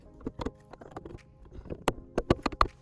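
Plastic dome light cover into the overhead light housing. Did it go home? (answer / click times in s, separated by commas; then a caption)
yes / 1.9 s, 2.6 s. A plastic dome light lens cover on a Honda Odyssey minivan is pressed into the overhead ceiling light housing during reassembly. Light tapping and handling noises lead to sharp plastic snaps at 1.9 s and 2.6 s, with a few smaller clicks between them. The cover seats in place.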